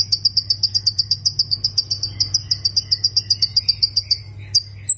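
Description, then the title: Plain prinia song: a long series of sharp high notes repeated about four times a second, ending with a brief higher note, over a steady low hum. "Ciblek Sawah"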